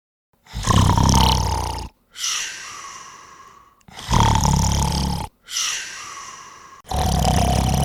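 Loud, rattling, low-pitched snores on each in-breath alternate with softer, airy out-breaths, about 17 breath cycles a minute. The pattern is heavy snoring from vibration in the upper airway during sleep, a sound effect.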